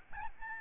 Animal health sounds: mosquito wingbeat signal from an infrared sensor; Aedes albopictus

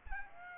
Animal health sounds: mosquito wingbeat signal from an infrared sensor; Aedes aegypti

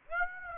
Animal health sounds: mosquito wingbeat signal from an infrared sensor; Aedes aegypti

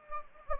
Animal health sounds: mosquito wingbeat signal from an infrared sensor; Anopheles gambiae

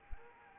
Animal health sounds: mosquito wingbeat signal from an infrared sensor; Anopheles arabiensis

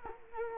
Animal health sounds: mosquito wingbeat signal from an infrared sensor; Culex quinquefasciatus

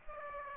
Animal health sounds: mosquito wingbeat signal from an infrared sensor; Aedes aegypti

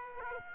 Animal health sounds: mosquito wingbeat signal from an infrared sensor; Aedes aegypti

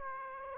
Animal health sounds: mosquito wingbeat signal from an infrared sensor; Aedes aegypti

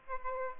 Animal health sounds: mosquito wingbeat signal from an infrared sensor; Aedes aegypti

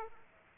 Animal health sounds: mosquito wingbeat signal from an infrared sensor; Aedes aegypti

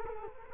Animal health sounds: mosquito wingbeat signal from an infrared sensor; Culex quinquefasciatus

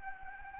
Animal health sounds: mosquito wingbeat signal from an infrared sensor; Anopheles gambiae

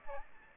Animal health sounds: mosquito wingbeat signal from an infrared sensor; Aedes aegypti

